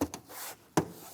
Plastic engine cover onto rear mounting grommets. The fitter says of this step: You'll feel it snap into the two in the back.